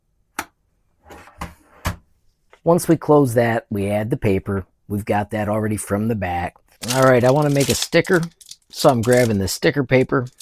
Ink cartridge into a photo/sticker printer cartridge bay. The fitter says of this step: Zum Verriegeln einrasten lassen.